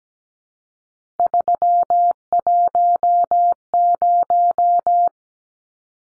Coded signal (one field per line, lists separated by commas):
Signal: Morse code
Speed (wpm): 17 wpm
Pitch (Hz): 700 Hz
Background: none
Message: 310